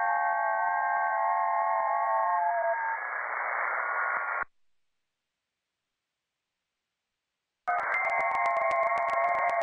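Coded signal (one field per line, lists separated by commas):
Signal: FT8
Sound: several soft overlapping warbling tones stepping slowly, pause, then tones resume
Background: radio static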